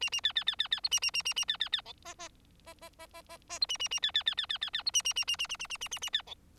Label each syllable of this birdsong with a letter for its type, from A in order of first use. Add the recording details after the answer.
A A B B B B B C A A A A A B B B D E E E E E E E E C A A A B B B B B B B C A A A A A A A A A A A B D. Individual Bird4